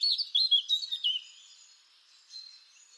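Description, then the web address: Eurasian blackcap vocalization: a rapid series of high chirping, warbling notes for about a second, then quieter faint notes, with no other clear sounds. "cianscape birddata Deverinetal 2025"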